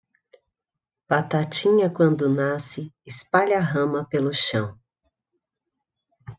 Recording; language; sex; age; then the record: short text; Brazilian Portuguese; female; 50 to 59 years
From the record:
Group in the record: control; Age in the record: 55 years